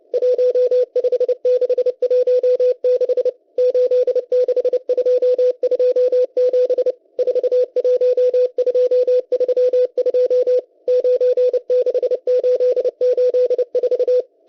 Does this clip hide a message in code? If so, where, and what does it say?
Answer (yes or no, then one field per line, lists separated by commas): yes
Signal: Morse code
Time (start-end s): 0.1-14.2 s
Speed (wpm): 30 wpm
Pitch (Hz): 500 Hz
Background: none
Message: 15616 86227 41232 96884